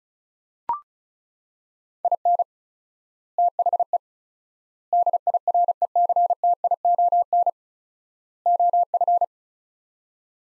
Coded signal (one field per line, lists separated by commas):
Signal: Morse code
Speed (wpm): 34 wpm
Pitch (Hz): 700 Hz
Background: none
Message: IN THE DIRECTION OF